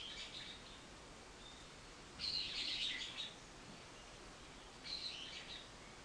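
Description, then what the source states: Bird chirping in high, twittering bursts, one around the two-second mark and a shorter one near five seconds, over a faint steady background hiss. Recorded 24 March 2023.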